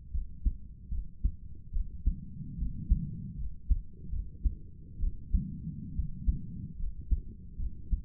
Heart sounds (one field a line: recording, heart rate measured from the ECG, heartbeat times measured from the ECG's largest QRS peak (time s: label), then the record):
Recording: heart sounds by stethoscope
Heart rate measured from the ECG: 72 bpm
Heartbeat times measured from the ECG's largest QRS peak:
0.13 s: heartbeat
0.90 s: heartbeat
1.73 s: heartbeat
2.57 s: heartbeat
3.37 s: heartbeat
4.11 s: heartbeat
5.00 s: heartbeat
5.95 s: heartbeat
6.78 s: heartbeat
7.58 s: heartbeat
From the record:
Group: healthy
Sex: female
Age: 22 years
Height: 163 cm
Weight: 67.1 kg